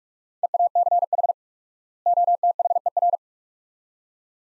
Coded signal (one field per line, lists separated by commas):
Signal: Morse code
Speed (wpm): 46 wpm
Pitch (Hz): 700 Hz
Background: none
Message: EACH OTHER